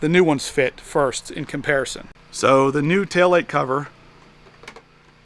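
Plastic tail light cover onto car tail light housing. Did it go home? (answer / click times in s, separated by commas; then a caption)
yes / 4.6 s, 4.7 s. Someone talks, then a new plastic tail light cover for a C7 Corvette is test-fitted over the car's tail light housing. It slides in, and two quick clicks at 4.6 s and 4.7 s are heard as it pops into place. The cover ends up seated with a flush fit.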